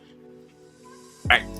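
A plastic model kit part is worked onto its peg or joint over a steady tonal music background, with one loud, sharp handling sound at 1.3 s. The part connects, but nothing clicks or seats with a click.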